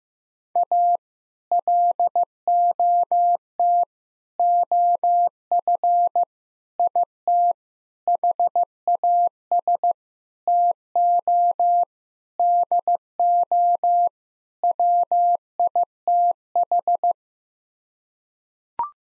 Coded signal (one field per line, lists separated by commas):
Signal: Morse code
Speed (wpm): 14 wpm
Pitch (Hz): 700 Hz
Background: none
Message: A LOT OF IT HAS TO DO WITH